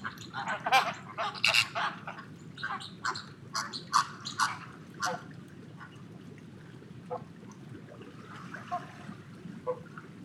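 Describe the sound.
Flamingo calls, scattered nasal honks and squawks in the first half, fading to sparse quieter calls over a steady low rumble.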